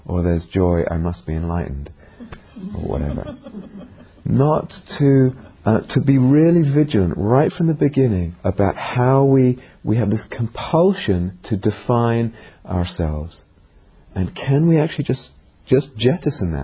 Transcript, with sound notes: Or there's joy, I must be enlightened" or whatever. [laughter] To be really vigilant right from the beginning about how we -- we have this compulsion to define ourselves, and can we actually just jettison that?